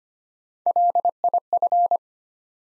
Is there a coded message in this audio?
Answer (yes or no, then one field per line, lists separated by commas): yes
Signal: Morse code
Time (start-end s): 0.7-2.0 s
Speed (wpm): 25 wpm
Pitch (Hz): 700 Hz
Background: none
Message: LIF